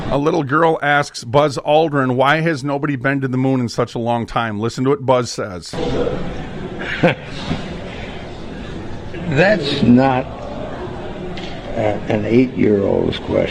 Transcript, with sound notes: A little girl asks Buzz Aldrin, "Why has nobody been to the moon in such a long time?" Listen to what Buzz says.
(laughs) That's not, uh, an eight-year-old's question.